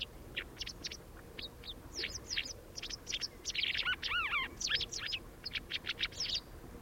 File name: Ballerina Bianca